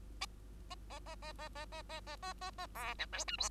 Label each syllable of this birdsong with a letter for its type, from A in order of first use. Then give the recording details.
A A A A A A A A A A A A B C D E F. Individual Bird2